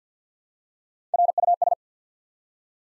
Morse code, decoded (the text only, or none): RUS